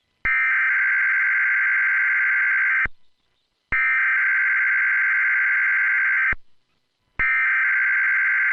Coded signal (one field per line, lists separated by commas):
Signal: Emergency Alert System (SAME) tones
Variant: header bursts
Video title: EAS 675 Nevada Required Monthly Test